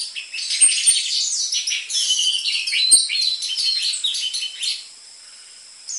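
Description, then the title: Orange-headed thrush song: dense, fast mixed warbling and chirping across high pitches, ending abruptly, with a steady high whine underneath. Lure recording of an energetic (gacor) orange-headed thrush with densely packed song material, for tutoring caged orange-headed thrushes of the trotol type. "PANCINGAN Anis Merah Gacor Materi Isian Rapat Cocok Untuk MASTERAN Anis Merah TROTOL"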